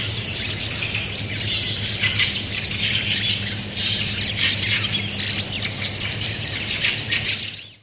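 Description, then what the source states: Fieldfares giving harsh chattering squawks from many birds at once, a continuous overlapping clamour that fades at the end, with a low steady hum underneath. Fieldfare colony.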